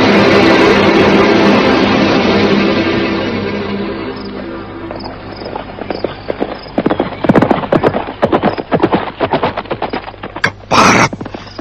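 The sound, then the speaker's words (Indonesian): Horses ridden by fleeing people gallop off with rapid, uneven hoofbeats clip-clopping and gradually fading, after a loud sustained rushing swell at the start, with a sharp burst near the end. “Rupanya mereka sudah menyiapkan kuda.”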